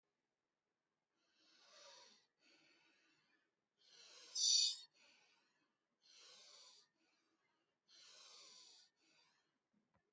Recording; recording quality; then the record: shallow breathing; excellent, no background noise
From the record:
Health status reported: healthy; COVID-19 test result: not tested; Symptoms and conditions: none ticked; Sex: female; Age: 28 years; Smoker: not ticked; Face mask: not worn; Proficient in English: yes